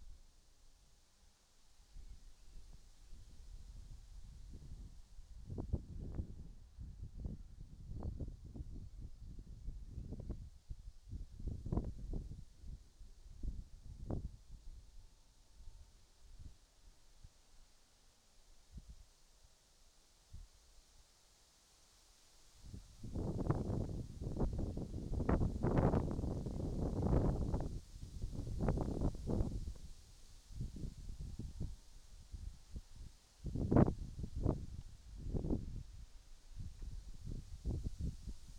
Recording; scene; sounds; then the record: everyday scene through a hearing-aid microphone; wind on the microphone; wind, whistling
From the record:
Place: in front of a rural house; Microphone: in the ear canal, right